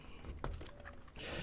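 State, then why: Seated. A small plastic ski from an RC model is pushed onto the two nubs of the chassis and clips in with a sharp snap at 0.4 s, among a few lighter plastic ticks. It ends up held firmly in the chassis.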